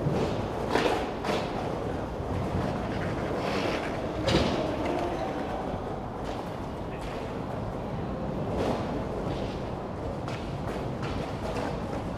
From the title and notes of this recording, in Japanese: スケボーを練習する音。スケボー練習場の様子を録ってみました。